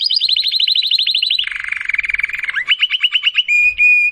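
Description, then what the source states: Domestic canary song: a fast trill of rapid notes, a lower rolling trill, a run of rising notes, then flat whistles. Belgian canary of the Campainha type, singing.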